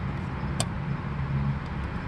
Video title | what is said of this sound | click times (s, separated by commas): Fuel pump upgrade for the boosted Rabbit | quick connects pull them up make sure they're snapped in place | 0.6 s